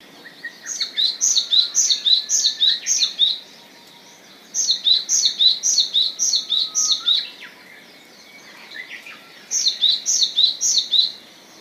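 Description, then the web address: Japanese tit: bright two-note phrases repeated rapidly in three long runs with brief gaps, softer bird calls in the background. "izumino saunndo sizyuukara"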